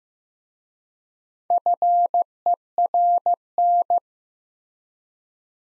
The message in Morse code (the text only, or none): FERN